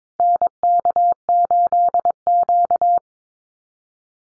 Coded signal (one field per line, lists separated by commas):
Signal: Morse code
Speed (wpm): 22 wpm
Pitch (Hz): 700 Hz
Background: none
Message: NK8Q